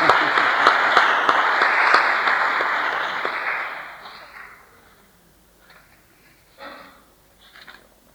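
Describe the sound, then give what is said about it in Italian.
At a ceremony presenting a higher course in religious sciences, a crowd claps steadily in dense, loud applause for about four seconds for a professor who is not present, then it fades out, leaving a few scattered claps and murmurs. “La professoressa professoressa Pontara Maria Teresa, gli facciamo l'applauso anche se non è presente.”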